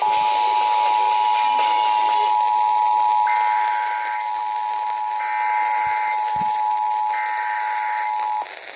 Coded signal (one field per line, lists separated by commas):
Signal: Emergency Alert System (SAME) tones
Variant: 853 and 960 Hz attention tone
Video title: EAS: Pennsylvania Required Monthly Tests (2/27/20)(EAS #263-265)